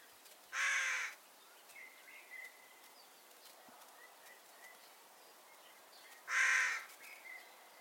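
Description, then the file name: Carrion crow calls: two harsh, rasping caws about six seconds apart, with faint thin bird notes in between. "Corvus corone"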